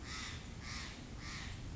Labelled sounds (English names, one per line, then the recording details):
Steller's Jay
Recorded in Sonoma County, California